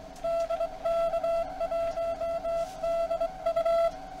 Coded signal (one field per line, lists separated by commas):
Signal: Morse code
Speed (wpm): 22 wpm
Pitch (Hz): 670 Hz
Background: none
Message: DK1DU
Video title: SCAF CW / Morse Audio Filter